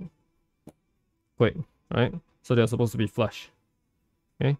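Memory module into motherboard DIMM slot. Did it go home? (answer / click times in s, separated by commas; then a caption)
yes / 0.7 s. A memory module is pressed into a motherboard DIMM slot, and the other end is pushed down until its latch gives a short, sharp click at 0.7 s, leaving the module seated flush in the slot. Someone talks afterward.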